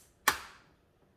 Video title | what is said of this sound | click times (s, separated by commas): Tupperware Breakfast Maker | You heard the click? | 0.3 s